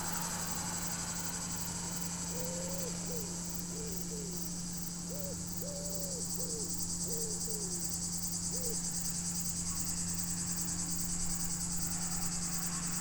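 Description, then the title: Cicada song, a steady high shimmering buzz held throughout, with a wood pigeon's soft cooing phrases repeating in the middle and a low continuous hum underneath. Roadside on the Groisin hill beside the D991, Chindrieux, France, on a hot sunny day; crickets and wood pigeon also audible; Zoom H4n Pro set on the bicycle. "5160 Rte d'Aix, 73310 Chindrieux, France - cigale en bord de route"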